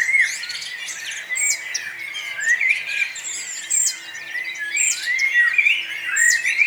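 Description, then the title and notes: Many birds singing, bright whistles and chirps repeating, quick twittering runs, and a faint low steady hum underneath. Dawn chorus, morning atmosphere at Nonnenhorn, 10 May 2009, 04:24. "nonnenhorn, morgenstimmung, vögel. vogelgesang, vorgelgezwitscher"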